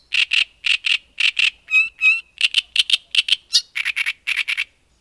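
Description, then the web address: Great reed warbler song of harsh, rasping syllables delivered in doubled bursts, with a pair of clearer whistled notes inserted partway through. "agykontroll Madardalok Cd 3. Nádirigó"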